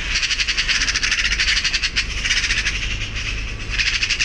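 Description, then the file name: Eurasian magpie giving a harsh, rapid rattling chatter, dry pulses running almost continuously with brief pauses, over a low steady rumble. "Pica pica"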